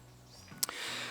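A twist-lock lid on a knife's packaging tube is closed, with a faint rustle before a sharp click at 0.6 s and a softer tick just after. The lid clicks shut and seats, and a steady hiss continues after it.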